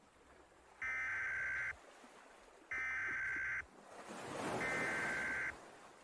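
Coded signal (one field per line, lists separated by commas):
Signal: Emergency Alert System (SAME) tones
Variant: header bursts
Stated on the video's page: Fictional scenario recreation of a marine waterspout alert.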